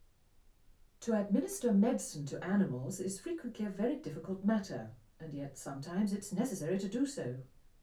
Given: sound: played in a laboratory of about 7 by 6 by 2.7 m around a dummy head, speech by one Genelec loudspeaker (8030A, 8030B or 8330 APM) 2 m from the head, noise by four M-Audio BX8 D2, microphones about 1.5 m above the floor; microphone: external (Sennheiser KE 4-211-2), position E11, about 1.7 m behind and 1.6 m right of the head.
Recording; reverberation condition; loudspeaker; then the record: female speech in English; low; 120 degrees to the left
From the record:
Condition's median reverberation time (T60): about 310 ms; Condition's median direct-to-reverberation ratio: about 3.5 dB